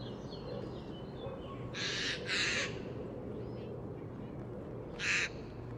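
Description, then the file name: Eurasian jay giving harsh, rasping screeches: two close together, then a third after a pause, over steady low rumbling noise. "Garrulus glandarius"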